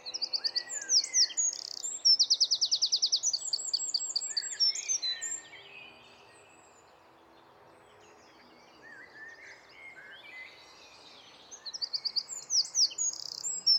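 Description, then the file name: Eurasian wren singing a fast, high, jumbled phrase with a rattling trill, a few seconds of near silence, then the loud song starting again. "Troglodytes troglodytes"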